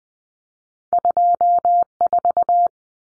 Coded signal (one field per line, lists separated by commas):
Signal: Morse code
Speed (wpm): 20 wpm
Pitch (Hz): 700 Hz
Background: none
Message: 24